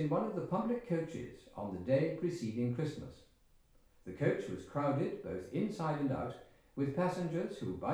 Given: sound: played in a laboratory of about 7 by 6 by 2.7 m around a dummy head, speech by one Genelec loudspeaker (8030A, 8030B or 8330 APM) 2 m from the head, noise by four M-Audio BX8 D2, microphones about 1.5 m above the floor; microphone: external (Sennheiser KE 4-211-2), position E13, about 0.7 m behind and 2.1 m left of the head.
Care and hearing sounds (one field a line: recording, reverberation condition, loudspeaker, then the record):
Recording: male speech in English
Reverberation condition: medium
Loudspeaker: 150 degrees to the left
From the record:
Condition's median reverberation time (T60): about 510 ms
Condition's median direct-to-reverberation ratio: about -0.5 dB